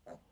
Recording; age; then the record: pig call; piglet (1 to 25 days)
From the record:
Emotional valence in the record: negative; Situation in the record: restrain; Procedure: back test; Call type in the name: low-frequency call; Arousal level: low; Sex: male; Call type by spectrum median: low-frequency call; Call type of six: low-frequency stable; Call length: 0.32 s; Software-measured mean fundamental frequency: 59 Hz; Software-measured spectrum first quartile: 385 Hz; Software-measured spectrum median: 588 Hz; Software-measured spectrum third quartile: 806 Hz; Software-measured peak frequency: 603 Hz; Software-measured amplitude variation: 215 dB a second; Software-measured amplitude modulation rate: 18.8 a second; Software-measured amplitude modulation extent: 11.4 dB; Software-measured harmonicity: 2.4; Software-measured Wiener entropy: 0.15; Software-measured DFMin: 1144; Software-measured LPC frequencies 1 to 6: 618, 2860, 4043, 4894, 6571, 7247 Hz